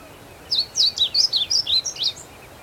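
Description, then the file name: Blue seedeater song: a brisk series of about eight high, bright notes that slide up and down, delivered in a single phrase over steady low background hiss. "Amaurospiza concolor - Blue Seedeater"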